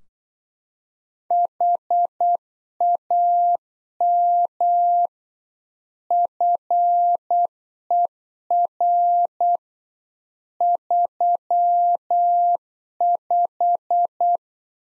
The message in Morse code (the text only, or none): HAM FER 35